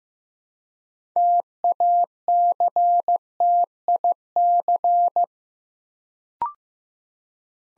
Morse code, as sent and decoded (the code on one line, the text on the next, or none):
- .- -.-. - .. -.-.
TACTIC